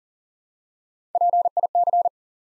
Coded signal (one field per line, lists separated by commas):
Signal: Morse code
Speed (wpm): 41 wpm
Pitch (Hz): 700 Hz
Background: none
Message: PIC